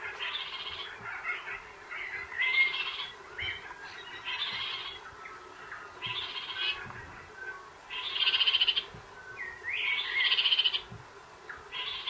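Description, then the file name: New Zealand parakeet giving harsh, rapid chattering bursts roughly every two seconds, with a few short whistled notes. "kakariki"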